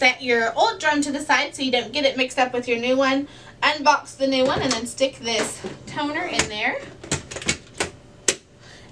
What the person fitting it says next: all right once you hear it click you know it's in place